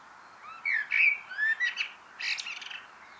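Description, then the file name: Common blackbird song phrase: a few mellow, fluting whistles that slide up and down, followed by a burst of squeaky, high twittering notes. "Turdus merula"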